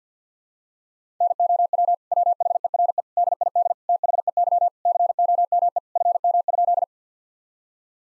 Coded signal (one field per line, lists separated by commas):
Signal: Morse code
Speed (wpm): 50 wpm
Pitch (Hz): 700 Hz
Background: none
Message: NOW WHERE DID THEY COME FM?